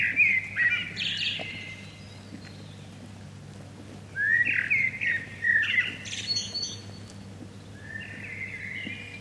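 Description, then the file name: Common blackbird song: fluty warbled phrases, some ending in a high squeaky twitter, separated by pauses of a few seconds, over a steady low hum. "Turdus merula"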